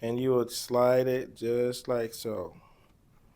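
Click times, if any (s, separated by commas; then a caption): none. A plastic palm rest is being slid toward the two holes on a keyboard while someone talks, with the voice filling most of the clip before fading to quiet room noise. The clip ends before the palm rest goes home, so nothing has seated or clicked yet.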